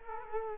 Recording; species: mosquito wingbeat signal from an infrared sensor; Culex quinquefasciatus